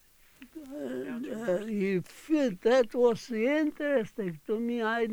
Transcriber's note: voice off mic